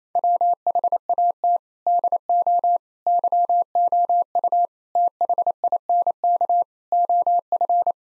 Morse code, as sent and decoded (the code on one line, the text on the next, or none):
.-- .... .- - / -.. --- / -.-- --- ..- / - .... .. -. -.- / --- ..-.
WHAT DO YOU THINK OF